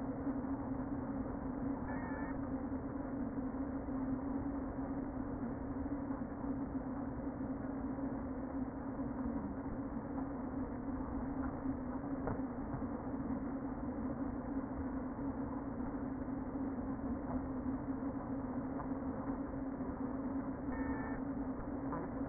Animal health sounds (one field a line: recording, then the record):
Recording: honeybee colony, microphone inside the hive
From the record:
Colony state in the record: queen present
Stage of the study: before two queens were removed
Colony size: about 60,000 bees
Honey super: yes